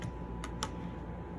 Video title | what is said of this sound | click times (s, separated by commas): Walmart Bissell PowerForce Vacuum: Unboxing, Testing & Honest Review! | i'm guessing right and there you go to hear it click click right in there | 0.4 s, 0.6 s